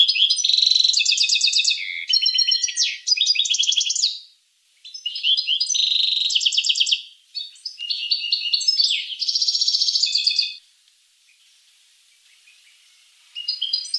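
Finch singing in bursts of rapid, high chattering trills separated by brief gaps, falling quiet near the end before a final short phrase starts.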